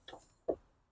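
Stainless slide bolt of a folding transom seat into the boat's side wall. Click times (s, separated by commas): 0.5 s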